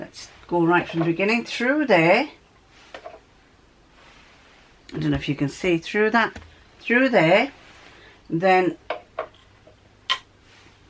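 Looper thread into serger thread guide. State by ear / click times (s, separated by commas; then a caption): seated / 9.2 s. Someone talks while pulling the lower looper thread of a serger (overlocker) into the thread guide before the tension discs. The thread clicks into place in the guide at 9.2 s, seating it.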